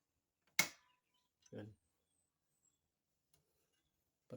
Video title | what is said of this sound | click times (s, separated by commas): How to Remove Ribbon Sensor of DNP DS rx1 Printer | tumunog na yon naka-lock na yon | 0.6 s